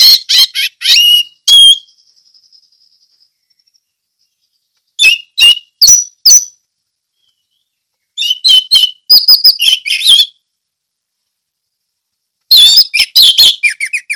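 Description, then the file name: Orange-headed thrush song of quick, varied high chirps and whistled notes in several bursts, with a thin fading whistle and silent gaps between phrases. Sung in the ngeplong song style. "anis merah ngeplong"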